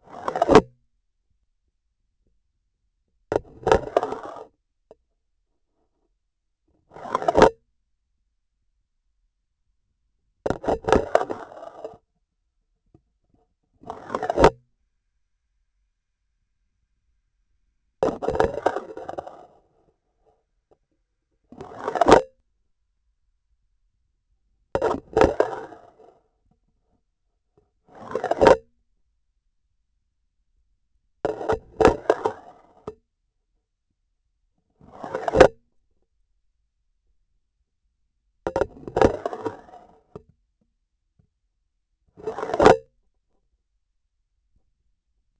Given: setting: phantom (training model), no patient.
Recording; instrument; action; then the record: laparoscopic instrument, vibration sensor on the handle end; grasping forceps; insertion and removal through the trocar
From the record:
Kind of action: spatial motion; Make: Olympus